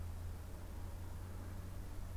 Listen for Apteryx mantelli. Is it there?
no